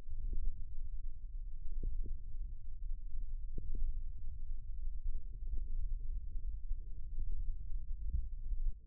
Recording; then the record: forearm muscle sounds (acoustic myography)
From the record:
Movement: index flexion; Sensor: system 1, eight BSWA MPA416 microphones around the upper forearm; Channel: 6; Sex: male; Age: 54 years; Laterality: right